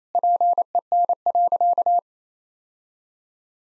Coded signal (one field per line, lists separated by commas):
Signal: Morse code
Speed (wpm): 28 wpm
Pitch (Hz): 700 Hz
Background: none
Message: PEN.